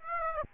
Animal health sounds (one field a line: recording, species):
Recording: mosquito wingbeat signal from an infrared sensor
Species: Aedes aegypti